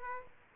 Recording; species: mosquito wingbeat signal from an infrared sensor; Aedes aegypti